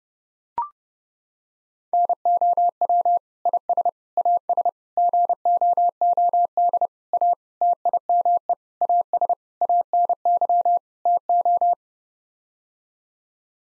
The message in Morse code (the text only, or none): NOW IS AS GOOD A TIME AS ANY TO